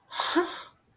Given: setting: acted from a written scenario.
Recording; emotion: vocal sound without words; amusement